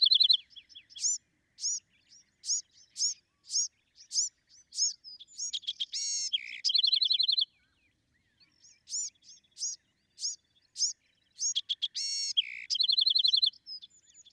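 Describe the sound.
Bewick's wren song of sharp high notes in a steady series, broken by fast buzzy trills; the pattern repeats after a short pause.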